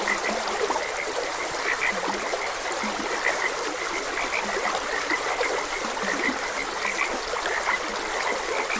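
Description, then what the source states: Frog croaks, brief and chirpy, repeat irregularly above the continuous babble and trickle of a flowing stream. Frogs croaking beside a gentle stream.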